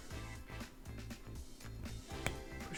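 A five-wire balance lead with four red wires and one black is pushed into the header on top of the BMS board of a DenCo 5.5 Ah battery pack, with music playing throughout. A sharp click at 2.3 s marks the connector seating into the header.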